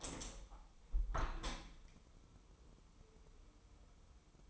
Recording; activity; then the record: daily activity, microphone in the room; open window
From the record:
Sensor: 1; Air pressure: 1015.0 hPa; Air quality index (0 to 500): 25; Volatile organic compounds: 0 ppm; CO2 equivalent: 501 ppm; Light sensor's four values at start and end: 10/25/10/11 and 11/27/11/12